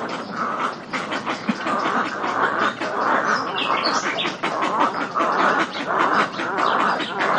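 Little egret gargling, croaking calls, several birds overlapping in a continuous harsh chatter.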